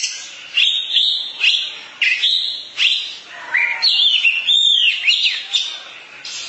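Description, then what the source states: Oriental magpie-robin song: sharp downslurred whistles and varied warbling phrases, energetic, coming in short pulses. Long-duration song.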